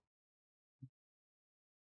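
A Lenovo Ideapad 530S laptop display hinge is swung over and lined up against the laptop base chassis before being pressed down. A single short, low thud is heard at about 0.8 seconds, followed by silence. The hinge has not snapped into place yet.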